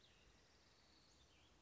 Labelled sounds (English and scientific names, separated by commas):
Cassin's Vireo (Vireo cassinii)